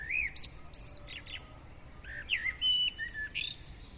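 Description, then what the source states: Birds singing, with clear whistled notes, quick upward slurs and a sustained high whistle among scattered chirps over low background hiss. Several birds singing at dawn; recorded with a Zoom recorder.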